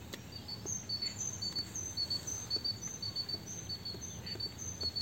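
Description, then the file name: Great tit calling: short, high, thin notes alternating between two pitches, repeated steadily throughout over a constant low rumble of background noise. "Parus major"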